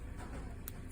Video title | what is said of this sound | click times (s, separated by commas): Coronal Polish | you'll hear it pop press it in turn it and | 0.7 s